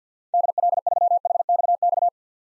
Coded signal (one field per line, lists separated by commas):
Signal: Morse code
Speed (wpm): 50 wpm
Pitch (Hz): 700 Hz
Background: none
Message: DL3HXX